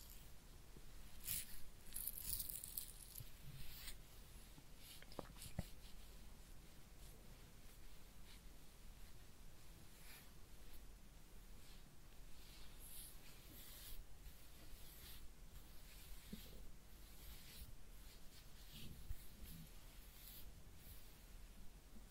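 A head massage and ear cleaning session, heard as a steady bed of soft scratching, rubbing and squishing. Brighter crackles and brushing strokes come in irregular bursts, busiest in the first few seconds and again around the twelfth to fourteenth seconds.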